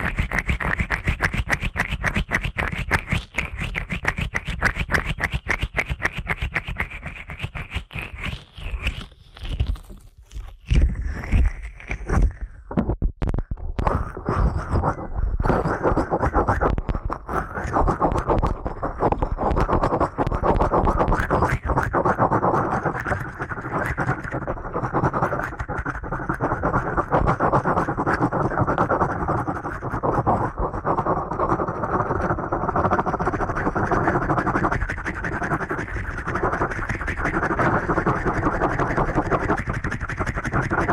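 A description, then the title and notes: Fast ear cleaning: a rapid, dense stream of scratching and rubbing strokes that sounds almost like a whirring rotor. The strokes run quick and regular through the opening seconds, break into sparser scrapes around ten to thirteen seconds, then settle into a thicker, continuous muffled rustle. ASMR Ear Cleaning at Helicopter Speed.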